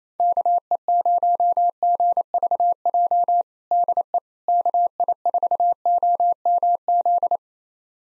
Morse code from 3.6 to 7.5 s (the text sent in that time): DE KI4OMZ